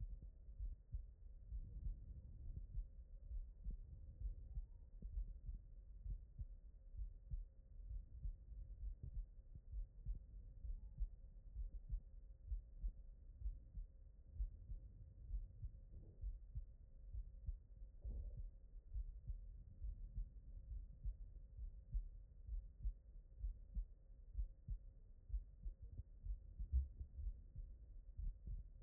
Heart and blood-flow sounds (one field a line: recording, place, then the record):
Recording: heart sounds by stethoscope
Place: aortic valve (AV)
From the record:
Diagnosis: non-HFrEF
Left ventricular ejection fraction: 62%